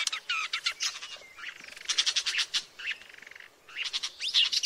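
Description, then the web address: Woodchat shrike in a jumbled scratchy medley of rattles, buzzes and squeaky notes, with a dry rapid trill near the middle. "sound Woodchat-shrike. صدای-پرنده-سنگ-چشم-کله-سرخ"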